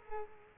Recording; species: mosquito wingbeat signal from an infrared sensor; Culex quinquefasciatus